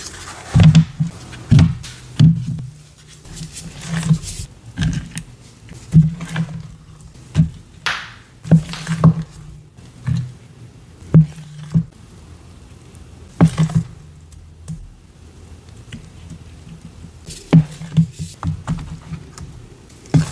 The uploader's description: Paste Mixing, Filling Molds w/ Electric Purple Confetti Mix